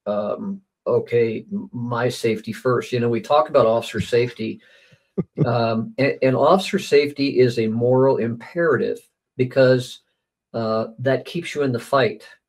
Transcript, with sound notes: "Okay, my safety first." You know, we talk about officer safety.
(laughs)
Um, a- and officer safety is a moral imperative because, uh, that keeps you in the fight.